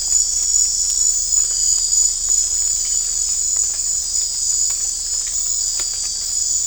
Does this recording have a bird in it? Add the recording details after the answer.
no. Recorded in dense forest near Puerto Asís, Putumayo, Colombia, on 22 December 2024 at 19:30. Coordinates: 0.500, -76.322. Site G053